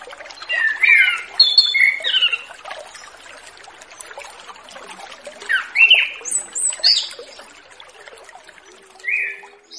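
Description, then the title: Orange-headed thrush singing loose sequences of clear slurred whistles and warbles, some high and thin, spaced by short pauses, with steady hiss in the background. Relaxed, open 'ngeplong santai' song, used as a lure recording ('pancingan') for wild, free-flying young spotted ('trotol') orange-headed thrushes. "Anis Kembang Ngeplong Santai , Untuk Pancingan Anis Kembang Lepas Trotol"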